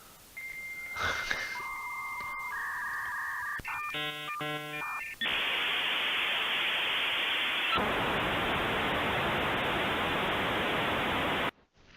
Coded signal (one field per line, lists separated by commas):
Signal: dial-up modem handshake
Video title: Decoding DTMF tones